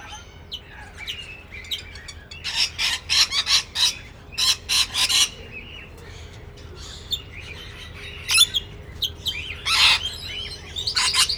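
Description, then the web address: Parrots squawking, harsh rasping bursts in a run of several, then scattered loud screeches among quieter chirps. Parrots (plural) at Nyíregyháza Zoo, recorded in 2010, on top of the green pyramid. "nyiregyhazizoo 2010 standardt madarak papagajokazoldpiramistetejen"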